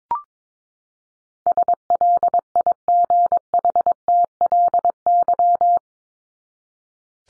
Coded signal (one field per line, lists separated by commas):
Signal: Morse code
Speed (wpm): 22 wpm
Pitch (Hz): 700 Hz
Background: none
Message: SLIGHTLY